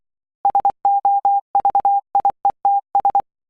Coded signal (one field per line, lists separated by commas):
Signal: Morse code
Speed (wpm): 24 wpm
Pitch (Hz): 800 Hz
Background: none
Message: SOVIETS